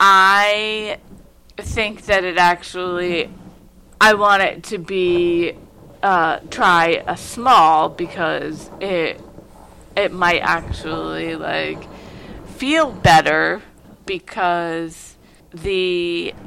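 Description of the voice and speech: Adult female speaker with aphasia, a stroke survivor whose stroke occurred 12 years earlier at age 30, talking in an aphasia group conversation.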